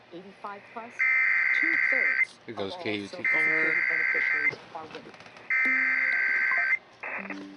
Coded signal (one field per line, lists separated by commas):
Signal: Emergency Alert System (SAME) tones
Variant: header bursts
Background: speech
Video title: IS IT SUMMER OR WINTER??? EAS Alerts from 3/1-3/24 (EAS #3,685 - 3,708)